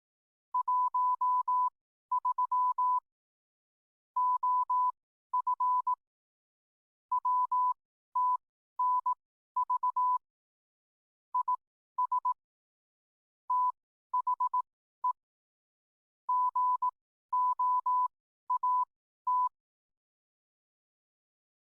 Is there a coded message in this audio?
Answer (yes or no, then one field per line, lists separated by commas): yes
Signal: Morse code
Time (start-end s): 0.5-19.5 s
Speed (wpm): 18 wpm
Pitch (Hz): 1000 Hz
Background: none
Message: 13 OF WTNV IS THE GOAT